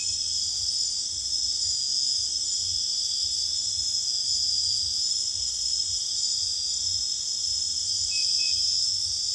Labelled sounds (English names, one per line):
none